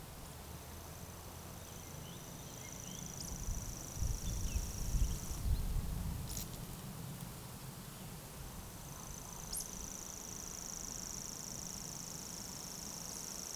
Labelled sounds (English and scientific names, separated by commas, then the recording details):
Eurasian Woodcock (Scolopax rusticola) whistle, Eurasian Woodcock (Scolopax rusticola) croak
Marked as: whistle, whistle, croak, whistle, whistle
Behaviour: display flight
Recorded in Baden-Württemberg, Germany, on 25 June 2020 at 19:53 UTC
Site 43791, 788 m above sea level